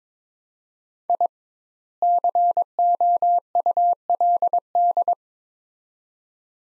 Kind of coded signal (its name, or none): Morse code